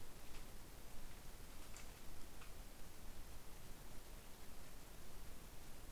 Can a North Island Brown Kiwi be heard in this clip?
no